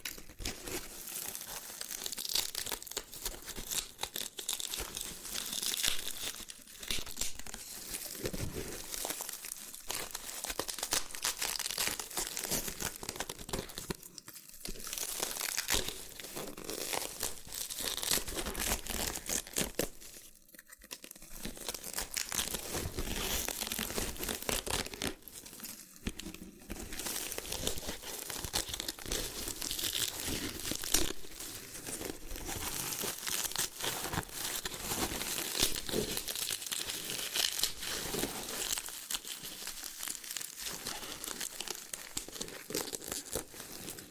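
A loofah is rubbed and peeled, making a dense, continuous run of crinkling, scratchy and crackling sounds that are mostly bright and hissy. The texture stays busy throughout, with brief dips near 14, 20 and 26 seconds before the scraping resumes.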